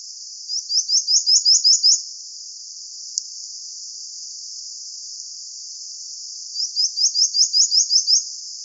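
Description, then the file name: Creamy-bellied gnatcatcher song, given twice: each phrase is a rapid series of about eight high, rising notes, with a faint click between the phrases. "canto do balanca rabo leitoso"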